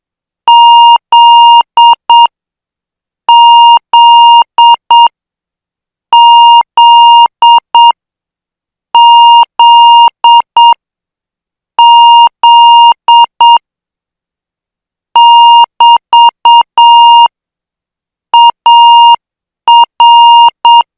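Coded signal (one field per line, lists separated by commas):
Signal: Morse code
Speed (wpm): 7 wpm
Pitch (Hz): 940 Hz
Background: none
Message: ZZZZZ<BT>AR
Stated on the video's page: Morse practice of international Z-group signals at 8 words per minute.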